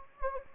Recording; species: mosquito wingbeat signal from an infrared sensor; Anopheles gambiae